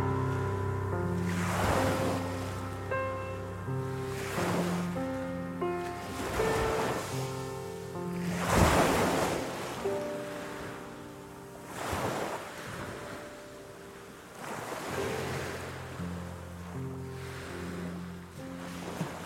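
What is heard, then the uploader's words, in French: Ocean waves break in a steady rhythm, a bright wash of surf rising roughly every three seconds, loudest around the nine-second mark. Beneath them a gentle music bed of long, sustained low and middle notes shifts slowly from chord to chord. Cet épisode de notre podcast présente le son apaisant des vagues de l'océan accompagné d'une musique douce. L'OCEAN avec une MUSIQUE Apaisante.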